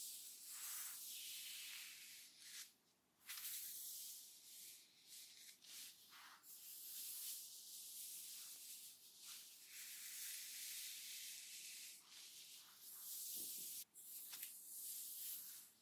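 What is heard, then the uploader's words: A bright rubbing and hissing of hands working through wet, shampooed hair in a scalp massage, steady and dense with quick scrubbing strokes. Brief pauses break the texture near 2.5, 3, 6 and 14 seconds before the rubbing resumes. TimASMR-Real Person Hair Cut Shampoo Massage Scalp.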